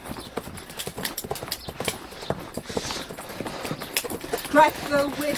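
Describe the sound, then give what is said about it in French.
The hooves of a horse being ridden at a riding school clip-clop in a quick, steady rhythm of sharp, hollow knocks throughout, with voices faintly audible underneath and a brief higher vocal sound near the end. “Allez, accrochez-vous bien au cheval.”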